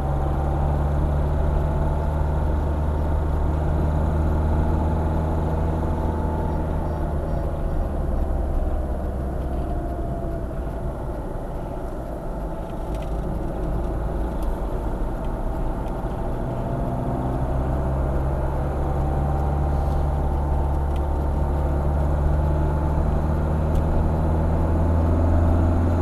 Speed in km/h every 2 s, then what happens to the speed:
53, 55, 55, 47, 37, 37, 41, 45, 47, 51, 53, 59, 62.
0-5 steady at about 55. 5-10 brakes to 37. 10-26 speeds up to 62.